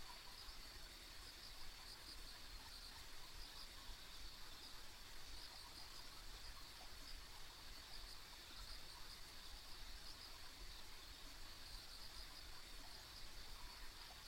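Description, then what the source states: Insects calling in a steady high-pitched chorus with scattered faint chirps, over a soft, constant low hiss. Ambient insect sounds recorded on a rural country road.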